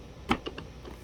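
The plastic hose end of a Bissell PowerForce 3525 upright vacuum is inserted into the vacuum body inlet and twisted to the left. A sharp click sounds at 0.3 s, followed by two fainter ticks at about 0.5 and 0.6 s. The hose is locked into place.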